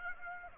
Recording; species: mosquito wingbeat signal from an infrared sensor; Aedes aegypti